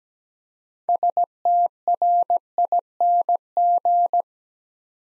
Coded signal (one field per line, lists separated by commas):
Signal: Morse code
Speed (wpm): 17 wpm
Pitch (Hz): 700 Hz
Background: none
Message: STRING